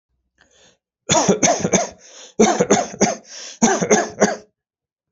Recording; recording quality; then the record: shallow voluntary cough; excellent, no background noise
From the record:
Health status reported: healthy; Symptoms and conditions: none ticked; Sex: male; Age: 25 years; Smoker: not ticked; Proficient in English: yes